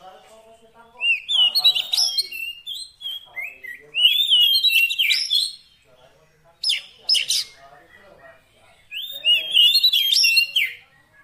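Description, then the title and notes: Oriental magpie-robin song of rising and falling whistles and chattery notes in several phrases, with fainter lower chirping underneath. Long-duration 'isian' fill-in song, meant to make the bird sing profusely day and night. "Kacer Jadi Gacor Siang Malam. Isian Kacer Durasi Panjang"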